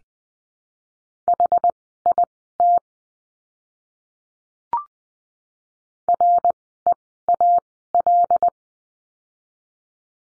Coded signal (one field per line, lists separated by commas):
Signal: Morse code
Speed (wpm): 19 wpm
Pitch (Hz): 700 Hz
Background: none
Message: HIT REAL